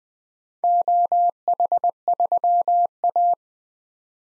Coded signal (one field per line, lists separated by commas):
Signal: Morse code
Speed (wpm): 20 wpm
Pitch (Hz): 700 Hz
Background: none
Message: OH3A